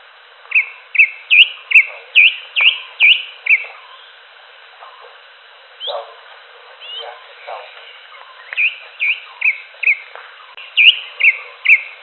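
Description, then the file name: Greater green leafbird song: a rapid series of bright upslurred whistled notes, a pause with scattered softer notes, then another rapid whistled run. "cucak hijau alam liar"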